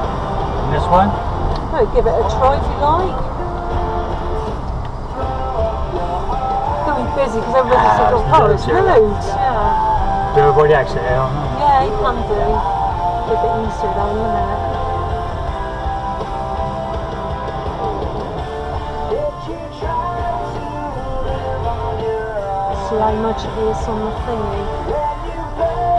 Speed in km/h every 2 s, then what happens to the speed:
5, 5, 13, 15, 13, 15, 15, 13, 15, 13, 11, 11, 10.
0-5 speeds up to 15. 5-26 steady at about 13.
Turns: 6-10, 13-16, 19-23.